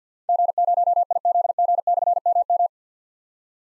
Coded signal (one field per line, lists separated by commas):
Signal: Morse code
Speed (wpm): 51 wpm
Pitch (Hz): 700 Hz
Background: none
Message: G0IZG/MM